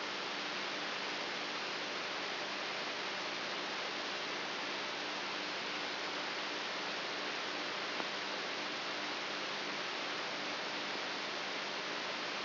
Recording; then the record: brain microelectrode recording played as sound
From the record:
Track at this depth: inside the subthalamic nucleus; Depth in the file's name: 4.64 mm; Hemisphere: right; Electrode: 3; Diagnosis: Parkinson's disease